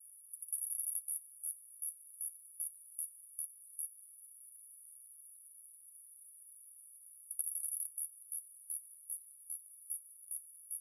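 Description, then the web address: Cicada song: a rapid buzzy burst that breaks into sharp, high clicks at about one every 0.4 seconds, a pause, then the same phrase repeated. New Zealand cicada species, recorded at Norfolk in January 2003. "cicada sp NZ species nz sp Norfolk Jan 2003"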